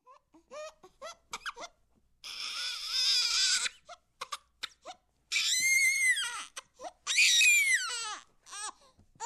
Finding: Newborn Baby Crying.